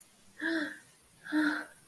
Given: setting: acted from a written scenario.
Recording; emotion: vocal sound without words; romantic love